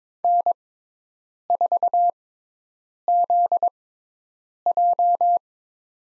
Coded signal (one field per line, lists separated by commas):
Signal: Morse code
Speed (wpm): 22 wpm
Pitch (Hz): 700 Hz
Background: none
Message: N4ZJ